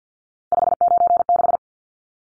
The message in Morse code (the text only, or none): 596